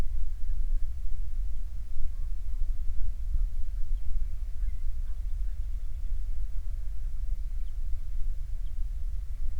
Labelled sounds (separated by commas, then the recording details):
songbird, waterfowl
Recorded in the Prudhoe Bay oil fields, Alaska, on 21 June 2019 at 00:00
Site 19